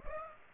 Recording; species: mosquito wingbeat signal from an infrared sensor; Aedes aegypti